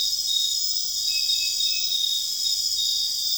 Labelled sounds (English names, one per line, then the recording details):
none
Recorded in secondary vegetation near Puerto Asís, Putumayo, Colombia, on 22 June 2025 at 21:30
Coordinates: 0.485, -76.322
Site GP06